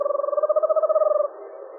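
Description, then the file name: Eastern screech owl giving a low, steady, rapidly pulsed trill on one pitch, lasting just over a second, then quiet background hiss. Deep monotone whinny. "eastern screech owl deep monotone whinny by paul marvin"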